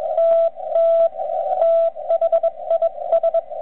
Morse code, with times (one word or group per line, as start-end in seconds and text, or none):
0.2-1.1 TT
1.6-3.4 THIS